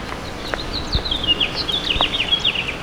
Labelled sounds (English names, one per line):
House Finch song